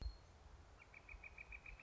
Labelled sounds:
Northern Flicker (Colaptes auratus)
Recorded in Sonoma County, California

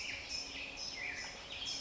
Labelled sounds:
Black-headed Grosbeak (Pheucticus melanocephalus)
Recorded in Sonoma County, California

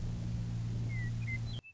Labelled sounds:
Western Meadowlark (Sturnella neglecta)
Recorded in Sonoma County, California

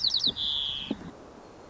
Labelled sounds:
White-crowned Sparrow (Zonotrichia leucophrys)
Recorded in Sonoma County, California

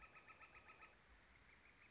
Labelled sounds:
Northern Flicker (Colaptes auratus)
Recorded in Sonoma County, California

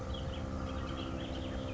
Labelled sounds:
Bullock's Oriole (Icterus bullockii)
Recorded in Sonoma County, California

